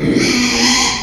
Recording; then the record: squeal of a Yucatan mini pig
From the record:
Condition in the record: after surgery on the right vocal fold (resection and tissue-engineered implant); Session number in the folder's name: 2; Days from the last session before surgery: 13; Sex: male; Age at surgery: 12 weeks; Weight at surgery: 13 kg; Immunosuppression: cyclosporine, prednisolone